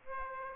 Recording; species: mosquito wingbeat signal from an infrared sensor; Aedes aegypti